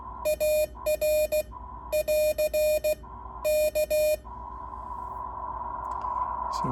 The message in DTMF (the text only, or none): none